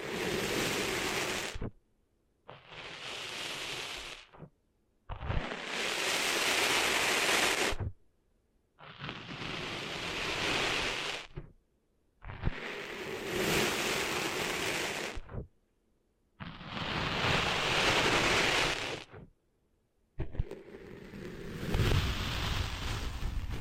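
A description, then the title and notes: Cleaning sand out of the ears: about seven rushing, scratchy bursts of a few seconds each, separated by short moments of near silence. Each burst is a dense, hissing scrape with a low rumble underneath, coming at a fairly regular pace. ASMR Cleaning Sand Out of Your Ears (No Talking).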